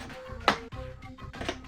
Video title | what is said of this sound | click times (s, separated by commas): Jurassic World Hammond Collection: BRACHIOSAURUS!! Complimentary from MATTEL #jurassicworld #toys | you can hear that clicking as it fits into each ratchet very nice | 0.5 s, 1.5 s